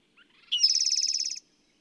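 Bird song: a single high, buzzy trill of rapid pulses lasting nearly a second, preceded by a couple of faint short chirps.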